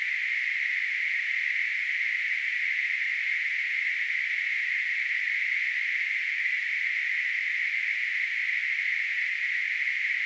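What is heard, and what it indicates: Simulated tinnitus: a steady band of hiss centred near 2 kHz, spanning roughly 1–4 kHz, held at a constant level throughout with no energy in the low frequencies.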